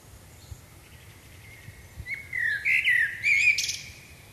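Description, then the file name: Common blackbird song: a low, fluty warbled phrase that breaks into a bright, squeaky twitter, after a few faint thin notes. "Turdus merula"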